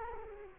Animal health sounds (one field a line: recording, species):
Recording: mosquito wingbeat signal from an infrared sensor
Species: Culex quinquefasciatus